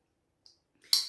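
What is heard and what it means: A plastic side-release buckle on the strap of a finished belt bag, sewn from a kit, is snapped together. A faint high tick at 0.5 s and a soft scrape from about 0.8 s lead into a sharp, bright click at 0.9 s as the buckle clicks shut and seats.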